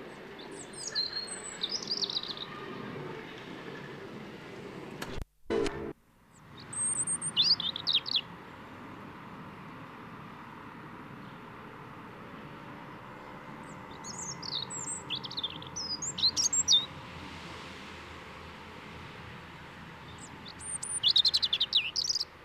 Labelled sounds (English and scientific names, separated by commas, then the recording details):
European Robin (Erithacus rubecula) song
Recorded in the wild
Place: Kaiserslautern, Rheinland-Pfalz, DE
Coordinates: 49.4247, 7.77889
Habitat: garden
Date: 1978-03-29
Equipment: Nagra IV, Sennheiser MKH 405, Parabolreflektor
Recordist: Tretzel, Erwin